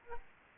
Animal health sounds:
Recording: mosquito wingbeat signal from an infrared sensor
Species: Aedes albopictus

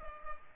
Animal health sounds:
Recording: mosquito wingbeat signal from an infrared sensor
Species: Culex pipiens

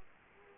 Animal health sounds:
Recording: mosquito wingbeat signal from an infrared sensor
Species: Culex quinquefasciatus

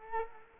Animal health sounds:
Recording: mosquito wingbeat signal from an infrared sensor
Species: Culex quinquefasciatus

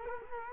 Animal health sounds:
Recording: mosquito wingbeat signal from an infrared sensor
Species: Culex quinquefasciatus

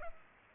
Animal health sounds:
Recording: mosquito wingbeat signal from an infrared sensor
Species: Culex pipiens

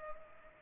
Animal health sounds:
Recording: mosquito wingbeat signal from an infrared sensor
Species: Culex pipiens

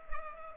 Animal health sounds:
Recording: mosquito wingbeat signal from an infrared sensor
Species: Culex pipiens

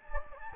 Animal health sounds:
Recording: mosquito wingbeat signal from an infrared sensor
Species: Anopheles gambiae

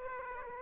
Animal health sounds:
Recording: mosquito wingbeat signal from an infrared sensor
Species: Aedes aegypti

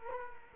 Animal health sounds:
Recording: mosquito wingbeat signal from an infrared sensor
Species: Culex quinquefasciatus

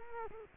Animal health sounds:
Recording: mosquito wingbeat signal from an infrared sensor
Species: Culex quinquefasciatus

